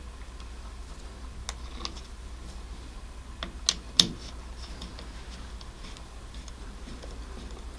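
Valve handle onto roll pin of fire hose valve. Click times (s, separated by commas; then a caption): 4.0 s. On a fire hose valve rebuild, the handle on the side marked R is lined up with the metal roll pin and pushed on. A few faint ticks come first, then two sharper knocks. The strongest snap lands at 4.0 s as the handle seats onto the roll pin.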